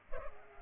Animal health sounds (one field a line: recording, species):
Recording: mosquito wingbeat signal from an infrared sensor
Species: Culex pipiens